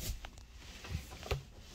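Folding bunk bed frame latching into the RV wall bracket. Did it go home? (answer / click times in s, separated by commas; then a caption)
yes / 1.3 s. The folding bottom bunk bed frame of a 2021 Coachmen Spirit 2659BH RV is raised and latched into the RV wall bracket. A few light taps and rattles come first, around 0.3 s, 0.4 s and 1.2 s, then a sharp, loud hit at 1.3 s as the bunk locks into place in its raised position.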